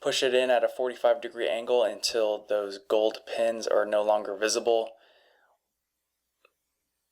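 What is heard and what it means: A laptop RAM stick is slid into its memory slot at a 45 degree angle until the gold contacts are hidden, before being pushed down. Someone talks for about the first five seconds, then a single faint tap is heard at 6.5 s. The module has not been pressed down and nothing has clicked into place yet.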